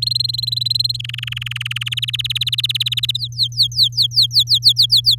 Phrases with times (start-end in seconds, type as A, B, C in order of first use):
0.02-0.97 A, 0.99-1.89 B, 1.91-3.17 C, 3.17-5.15 D